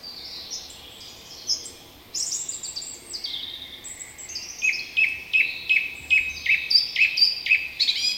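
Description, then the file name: Song thrush singing: varied high whistled and scratchy phrases, then a sharp clipped note repeated about three times a second over the last few seconds. "turdus philomelos"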